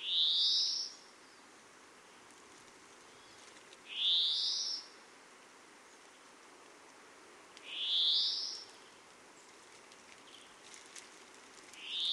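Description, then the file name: European greenfinch repeating a drawn-out, nasal, upslurred wheeze about every four seconds, with quiet gaps between the calls. "Chloris chloris"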